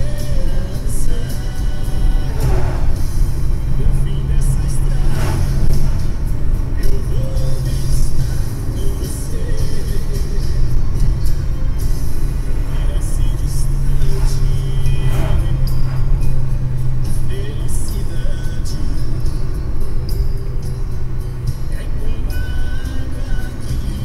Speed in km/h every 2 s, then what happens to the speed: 90, 93, 92, 93, 94, 93, 93, 89, 86, 86, 85, 85.
0-12 steady at about 93. 12-16 slows to 86. 16-24 steady at about 85.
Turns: none.